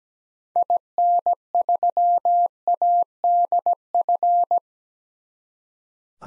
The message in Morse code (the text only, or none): IN3ADF